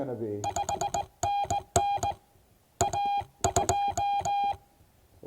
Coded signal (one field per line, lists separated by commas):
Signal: Morse code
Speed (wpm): 19 wpm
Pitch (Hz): 810 Hz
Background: speech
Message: 5NN AJ